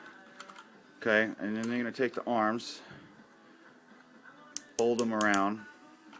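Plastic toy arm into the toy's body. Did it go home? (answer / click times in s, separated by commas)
no / none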